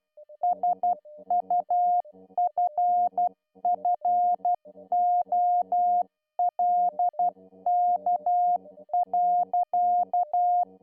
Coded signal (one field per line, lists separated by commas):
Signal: Morse code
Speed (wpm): 12 wpm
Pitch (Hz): 710 Hz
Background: music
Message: SUFFOLK.